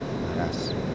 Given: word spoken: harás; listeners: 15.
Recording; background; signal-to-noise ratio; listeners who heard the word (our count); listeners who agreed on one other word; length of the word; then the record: one Spanish word in noise, from a listening test; speech-shaped noise; -4.4 dB; 4 of 15; 6 of 15; 0.55 s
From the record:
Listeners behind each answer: 6, 4, 2, 1, 1, 1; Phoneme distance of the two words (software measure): 17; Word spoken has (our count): 2 syllables, 4 phonemes, stress on syllable 2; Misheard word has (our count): 1 syllable, 3 phonemes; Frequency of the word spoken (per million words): 2.41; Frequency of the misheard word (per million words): 47.94